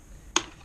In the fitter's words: you can get in there and pry it and pop it over all